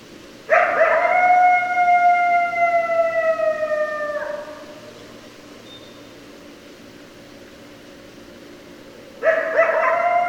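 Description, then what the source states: Coyote howl, a long steady wail with rich overtones that drops in pitch at the end, followed by a quiet pause and then another howl starting. Several coyotes, recorded 30 November 2012.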